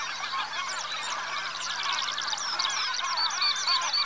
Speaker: Какой гвалт! Это тысячные стаи белолобых гусей носятся